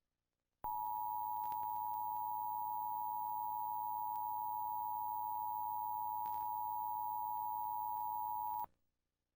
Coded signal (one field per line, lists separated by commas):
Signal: Emergency Alert System (SAME) tones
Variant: 853 and 960 Hz attention tone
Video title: EAS Scenario #2 - Tilt